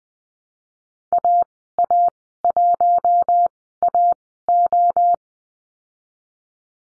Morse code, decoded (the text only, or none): AA1AO